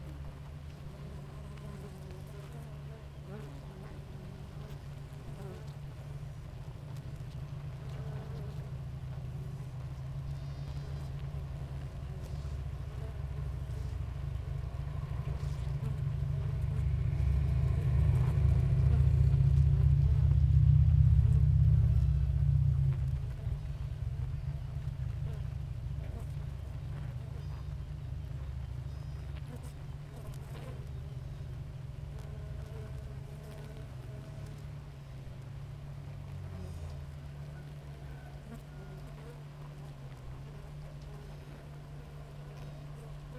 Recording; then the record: honeybee colony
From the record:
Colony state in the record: active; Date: 28 July 2017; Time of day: 5:34